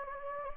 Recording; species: mosquito wingbeat signal from an infrared sensor; Anopheles gambiae